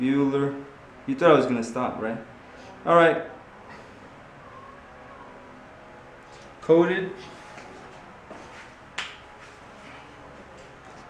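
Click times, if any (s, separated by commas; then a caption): 9.0 s. Someone talks while a plastic motorcycle wiring harness connector with male blade terminals is pushed into its mating plug during refitting of the tail section on a Royal Enfield Continental GT 650. A sharp snap is heard at 9.0 s as the connector seats in place.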